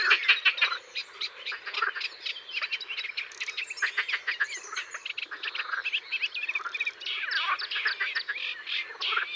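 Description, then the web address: Edible frog chorus of rapid, rattling croaks and harsh pulsed calls, overlapping continuously with bursts of squeaky chatter throughout. "Grenouille verte. abc de la nature"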